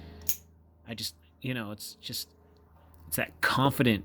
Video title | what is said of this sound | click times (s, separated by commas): Pro Tech 2905 Sprint (cali. legal) | click that loud confident it's open it's ready to go you know so | 0.3 s